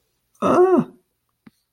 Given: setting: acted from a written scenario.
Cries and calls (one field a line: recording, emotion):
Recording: vocal sound without words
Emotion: distress